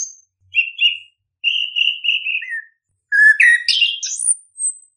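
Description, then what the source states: A bird whistles short paired notes, then a longer wavering whistle, ending in a quick rising trill of high sweet notes. Chirping birdsong intended for training and tutoring favourite pet birds.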